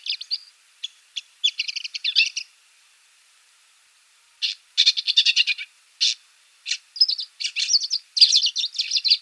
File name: ZHulan rizhehvostyj